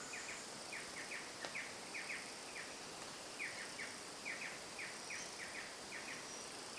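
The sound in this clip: Bird calls: short, descending chirps in quick pairs and triplets, repeated steadily throughout over a constant high hiss, with one sharp click near the end.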